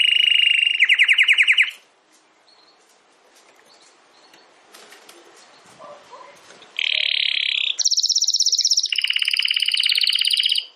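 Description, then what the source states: Domestic canary song: rolling trills, a long quiet break, then sustained buzzy trills switching between higher and lower pitches. Belgian canary singing in the campainha song style.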